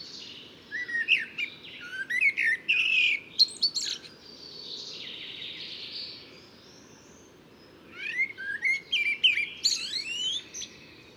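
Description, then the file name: Common blackbird song, two long phrases of mellow warbling blended with squeaky high notes, separated by a quieter stretch of faint background sound. "Turdus merula"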